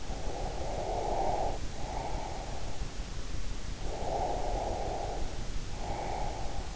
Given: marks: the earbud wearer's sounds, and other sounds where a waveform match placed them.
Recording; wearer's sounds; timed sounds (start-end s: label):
sounds in sleep by an in-ear microphone; breath
0.12-2.66 s: breath
3.84-6.75 s: breath